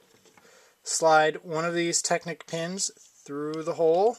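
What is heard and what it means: A plastic LEGO Technic pin is handled and slid through the hole in a LEGO piece, with faint handling sounds early on, including a small tap near 0.4 s, while someone talks over most of the clip. The clip ends before the pin goes home, and nothing has seated or clicked yet.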